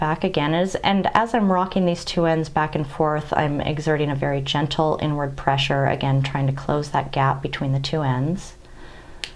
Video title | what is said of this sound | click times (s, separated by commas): Charmed Rope - Beaducation.com | oh there we go so if you heard that little click that was the two ends hitting each other | 9.2 s